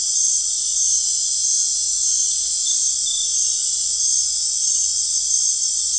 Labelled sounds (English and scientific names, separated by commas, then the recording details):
none
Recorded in dense forest near Puerto Asís, Putumayo, Colombia, on 4 March 2025 at 19:30
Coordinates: 0.499, -76.324
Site GP03